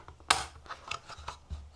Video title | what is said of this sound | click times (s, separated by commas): Tapo temperature sensor mount & housing 🌡️ | And then it snaps into place | 0.3 s